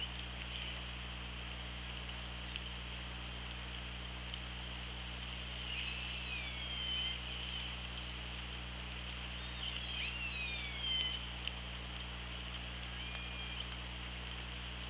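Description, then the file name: Orca giving two faint, harmonic calls with sweeping tones several seconds apart, over a steady underwater hum and hiss. Recorded on the OrcaLab hydrophone on 24 August 2017 at 16:32. "Orca Lab UTLN JASON 20170824 163210"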